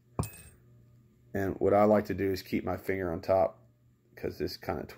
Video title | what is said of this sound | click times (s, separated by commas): Disassembly and reassembly of the ruger mark I, II, and III series of pistols | snaps right again I'll show you that one more time and what | 0.2 s